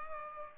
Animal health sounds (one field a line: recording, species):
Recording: mosquito wingbeat signal from an infrared sensor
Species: Culex pipiens